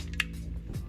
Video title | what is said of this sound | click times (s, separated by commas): Zinc 2.0 Build Guide 2.0 | see that magnitude already popped into place | 0.2 s